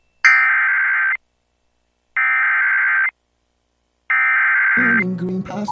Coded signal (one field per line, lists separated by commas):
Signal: Emergency Alert System (SAME) tones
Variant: header bursts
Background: speech